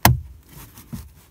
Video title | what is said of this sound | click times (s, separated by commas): 2022 Ford Maverick Ecoboost Autostop Eliminator Install | and it's now snapped into place there | 0.0 s